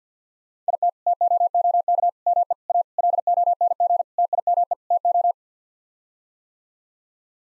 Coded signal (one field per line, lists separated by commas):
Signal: Morse code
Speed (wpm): 50 wpm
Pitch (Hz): 700 Hz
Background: none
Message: IT TOOK ME A LONG TIME TO